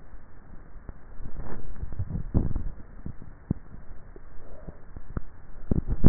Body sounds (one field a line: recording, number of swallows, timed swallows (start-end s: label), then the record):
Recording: swallowing sounds by neck microphone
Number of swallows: 1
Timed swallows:
1.82-2.58 s: swallow
From the record:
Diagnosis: dysphagia